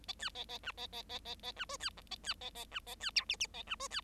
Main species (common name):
Bengalese Finch